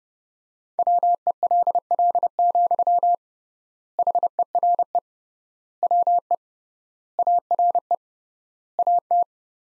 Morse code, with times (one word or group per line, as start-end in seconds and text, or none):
0.8-3.1 WELL,
4.0-5.0 HERE
5.8-6.3 WE
7.2-7.9 ARE
8.8-9.2 AT